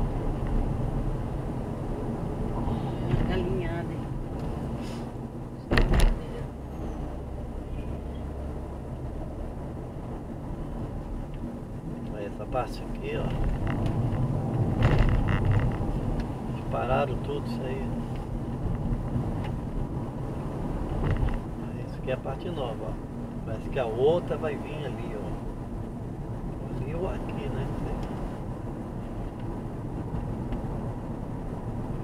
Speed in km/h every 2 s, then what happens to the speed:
49, 49, 50, 54, 58, 57, 55, 53, 54, 54, 55, 60, 64, 68, 69, 71.
4-8 speeds up to 58. 8-19 steady at about 54. 19-32 speeds up to 71.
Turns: none.